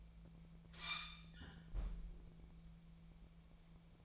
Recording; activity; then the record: daily activity, microphone in the room; close fridge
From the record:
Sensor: 1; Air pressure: 1000.1 hPa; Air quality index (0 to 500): 135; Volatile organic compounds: 2 ppm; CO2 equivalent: 1274 ppm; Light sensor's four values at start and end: 37/94/39/48 and 37/94/40/48